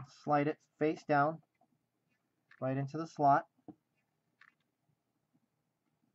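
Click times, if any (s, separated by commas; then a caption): 4.4 s, 4.5 s. A plastic microSD card is slid face down into the spring-loaded card slot of a small wireless router and pushed until it latches. Someone talks first, then a faint double click is heard at 4.4 and 4.5 seconds as the card seats.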